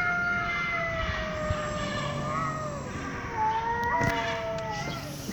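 Cat fight yowls: long, drawn-out, wavering howls that slowly slide in pitch and overlap throughout.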